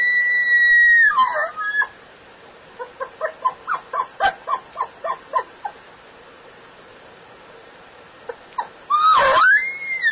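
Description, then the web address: Elk bugle: a high whistled note that slides down, then a run of grunting chuckles, and a second high whistle that breaks and rises near the end. Bull elk, recorded for an elk contest in 2001. "bowsite. elkcontest elk 2001 soundfiles bull"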